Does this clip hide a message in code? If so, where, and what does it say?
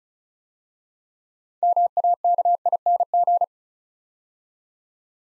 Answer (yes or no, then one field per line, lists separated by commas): yes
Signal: Morse code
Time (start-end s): 1.6-3.4 s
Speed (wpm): 36 wpm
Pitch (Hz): 700 Hz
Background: none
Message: MAKING